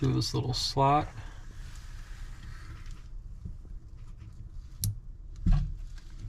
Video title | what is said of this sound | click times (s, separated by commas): Creality Hi MicroSwiss Hotend Installation | Nice little click there. | 4.8 s